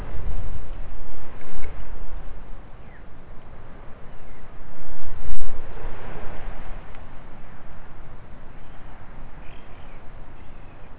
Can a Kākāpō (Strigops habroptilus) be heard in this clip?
no